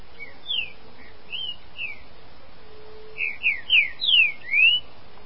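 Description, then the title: Green-winged saltator song: a few soft slurred whistles, then a rich run of five loud downslurred and upslurred whistled notes, against a steady low hum. "Trinca Ferro"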